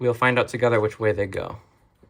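A plastic wrist strap accessory is handled near the side rail of a game controller while a man talks. It has not been slid on yet, and nothing has seated or clicked.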